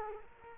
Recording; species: mosquito wingbeat signal from an infrared sensor; Culex quinquefasciatus